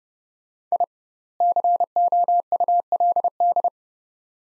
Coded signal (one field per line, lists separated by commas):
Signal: Morse code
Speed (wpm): 30 wpm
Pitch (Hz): 700 Hz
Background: none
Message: I COULD